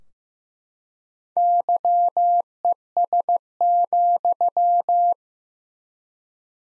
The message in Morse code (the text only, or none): YES,